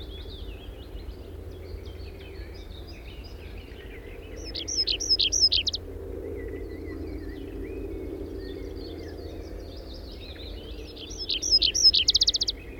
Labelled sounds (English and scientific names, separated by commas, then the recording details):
Tree Pipit (Anthus trivialis) song
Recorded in the wild
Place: Schmale Heide, Insel Rügen, Mecklenburg-Vorpommern, DE
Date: 1969-05-18
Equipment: NAGRA III BH, Sennheiser MD21 mit Reflektor (d=75 cm, Glasfiber) und Stativ
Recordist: Schubert, Michael
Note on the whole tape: Gesang Baumpieper (Regen auf Reflektor, Verkehrslärm!)